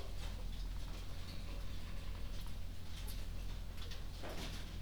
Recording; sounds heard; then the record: poultry house recording; healthy chickens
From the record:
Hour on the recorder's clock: 1